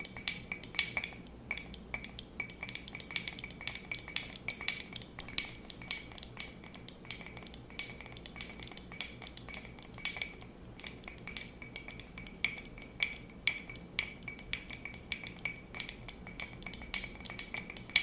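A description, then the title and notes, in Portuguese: Rapid tapping on hard objects with bright metallic and glassy clinks, dense and fairly steady throughout, over a faint low hum. ASMR com muito tapping.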